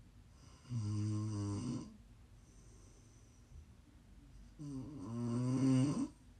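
Two low, buzzing snores about four seconds apart, each lasting one to one and a half seconds with a rattling, fluttering tone, separated by quiet breathing. Ordinary rhythmic ASMR snoring from a sleeping adult at a slow sleep breathing pace.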